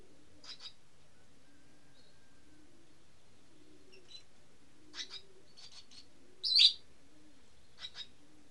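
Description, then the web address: Bird calls as scattered high chirps and short buzzy bursts, one louder sweeping note near the end, over a soft repeated low arching hum. "Bird Only"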